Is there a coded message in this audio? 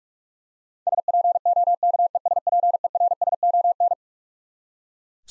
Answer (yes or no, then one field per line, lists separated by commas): yes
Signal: Morse code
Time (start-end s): 0.9-3.9 s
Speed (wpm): 43 wpm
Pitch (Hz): 700 Hz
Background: none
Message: SPOKESPERSON